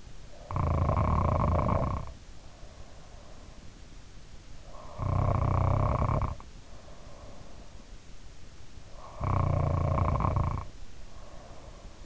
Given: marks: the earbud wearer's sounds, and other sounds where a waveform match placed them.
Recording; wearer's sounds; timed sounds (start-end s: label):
sounds in sleep by an in-ear microphone; snoring breath
0.00-3.31 s: snoring breath
4.22-7.77 s: snoring breath
8.75-12.06 s: snoring breath